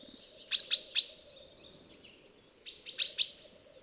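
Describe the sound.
Common chaffinch making two quick clusters of bright, high chip notes with fainter notes between, over a constant low hum.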